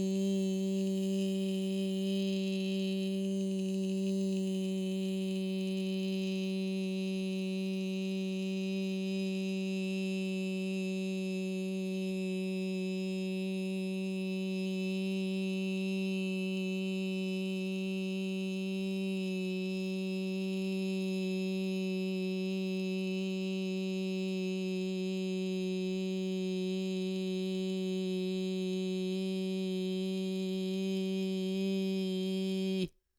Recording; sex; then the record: sustained vowel /i/; female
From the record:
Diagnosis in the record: Parkinson's disease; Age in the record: 61 years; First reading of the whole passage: 53 s, 9.7 characters per second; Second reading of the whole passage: 51 s, 10.1 characters per second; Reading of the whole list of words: 49 s, 5.7 characters per second